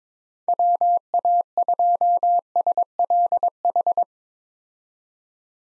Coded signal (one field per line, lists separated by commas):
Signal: Morse code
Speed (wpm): 22 wpm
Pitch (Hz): 700 Hz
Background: none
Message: WA2SLH